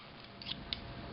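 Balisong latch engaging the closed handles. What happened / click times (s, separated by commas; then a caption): The metal latch snapped shut on the closed handles / 0.7 s. The handles of a balisong knife are squeezed shut, and after a few faint metallic ticks the metal latch falls into place with a sharp click at 0.7 s. The latch engages and holds the closed handles.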